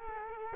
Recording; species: mosquito wingbeat signal from an infrared sensor; Culex quinquefasciatus